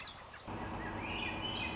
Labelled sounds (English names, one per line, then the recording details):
Swainson's Thrush
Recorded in Sonoma County, California